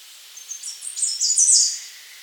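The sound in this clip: Bird call heard as a rush of high, harsh, broken chirps that build to a louder burst, then fade, over a steady faint hiss.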